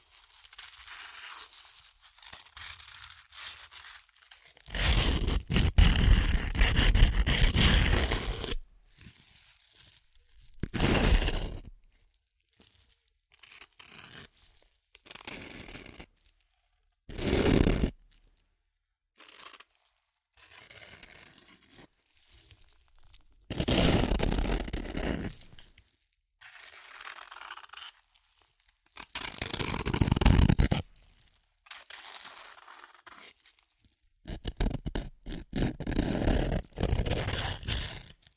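Chips being crushed and eaten, heard as bursts of crunching, crinkling and tearing that come and go in separate bouts of one to three seconds. The loudest, fullest crushes fall around 5–8, 17 and 30 seconds, with quieter crackles and short silences between.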